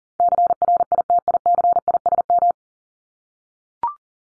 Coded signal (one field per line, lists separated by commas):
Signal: Morse code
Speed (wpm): 40 wpm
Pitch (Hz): 700 Hz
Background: none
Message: CRITICISM